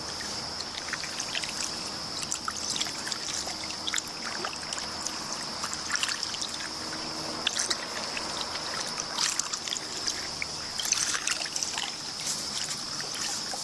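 Water trickles and splashes around a kayak, with frequent small drips and a few brighter splashes near six, nine and eleven seconds. A thin, steady high-pitched whine runs underneath the whole time, and the overall level stays fairly even.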